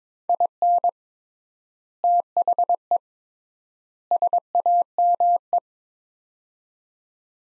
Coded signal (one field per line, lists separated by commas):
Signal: Morse code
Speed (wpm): 22 wpm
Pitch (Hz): 700 Hz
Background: none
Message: IN THE SAME